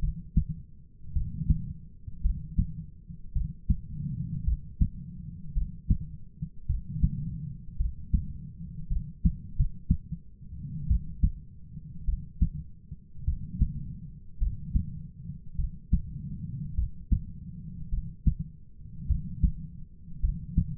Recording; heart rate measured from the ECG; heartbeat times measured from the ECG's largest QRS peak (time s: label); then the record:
heart sounds by stethoscope; 53 bpm
1.12 s: heartbeat
2.21 s: heartbeat
3.32 s: heartbeat
4.43 s: heartbeat
5.53 s: heartbeat
6.66 s: heartbeat
7.76 s: heartbeat
8.87 s: heartbeat
9.55 s: heartbeat
10.86 s: heartbeat
12.04 s: heartbeat
13.24 s: heartbeat
14.37 s: heartbeat
15.55 s: heartbeat
16.74 s: heartbeat
17.89 s: heartbeat
19.06 s: heartbeat
20.19 s: heartbeat
From the record:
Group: heart failure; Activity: rest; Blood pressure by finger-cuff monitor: 70/38 mmHg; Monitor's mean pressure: 49 mmHg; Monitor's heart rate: 52 bpm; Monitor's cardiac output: 4.5 L/min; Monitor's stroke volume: 85 mL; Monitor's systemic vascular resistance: 720 dyn s/cm5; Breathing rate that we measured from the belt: 21 breaths a minute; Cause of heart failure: dilated cardiomyopathy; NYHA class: 3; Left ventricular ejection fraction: 27%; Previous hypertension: present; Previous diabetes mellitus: present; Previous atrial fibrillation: present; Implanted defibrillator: present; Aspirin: present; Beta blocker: bisoprolol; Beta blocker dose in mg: 1.25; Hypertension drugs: sacubitril-valsartan, spironolactone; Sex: female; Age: 39 years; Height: 170 cm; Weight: 64 kg